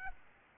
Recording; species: mosquito wingbeat signal from an infrared sensor; Aedes albopictus